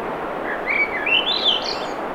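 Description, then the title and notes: Swainson's thrush, a single ascending song of liquid, swirling notes rising to a thin top, heard over continuous surf roar. Singing, 7:15 pm, 7 June 2017, low 50s, clear skies, between tides; Sun Dew Trail near Ocean Beach, Schoodic Peninsula, Acadia National Park, Winter Harbor, Maine; Fostex FR2, Sennheiser ME66; high-pass filtered against surf. "Swainson's Thrush singing Wednesday June 7, 2017 7:15 pm temperature low 50s clear skies between the tides Sun Dew Trail where it intersects with trail to Ocean Beach Schoodic Pennisula Acadia National Park Winter Harbor, ME"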